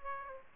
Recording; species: mosquito wingbeat signal from an infrared sensor; Aedes aegypti